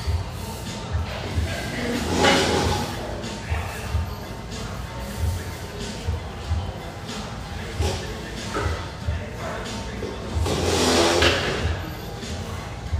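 Café chatter fills the scene, a steady murmur of overlapping voices with low rumbling underneath and louder bursts of talk around two and eleven seconds.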